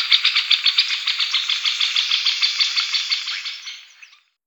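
Middle Spotted Woodpecker call: a long series of harsh, nasal, quacking notes, about four per second, slowly fading away at the end.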